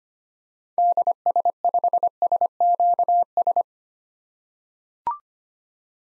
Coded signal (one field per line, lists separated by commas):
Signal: Morse code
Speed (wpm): 25 wpm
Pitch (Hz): 700 Hz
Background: none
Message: DS5SQS